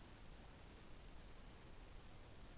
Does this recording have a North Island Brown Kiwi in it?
no